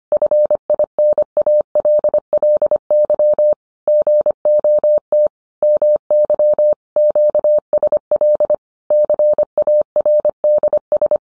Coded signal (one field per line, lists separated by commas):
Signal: Morse code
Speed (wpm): 25 wpm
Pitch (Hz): 600 Hz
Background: none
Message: FINALLY GOT MY QSL CARDS